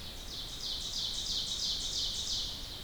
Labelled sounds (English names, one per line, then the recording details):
Ovenbird song
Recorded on 2 June 2016 at 06:00
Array SBT-3-7